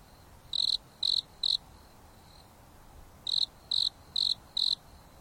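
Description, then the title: Insect song of bright, high-pitched chirps, three pulses then a pause, followed by a run of four, against a quiet hissing background. Insects singing at night on a mountain top under a starry sky, with a gentle breeze blowing. "There is a gentle breeze blowing on the top of the mountain under the starry sky, and the insects are singing leisurely."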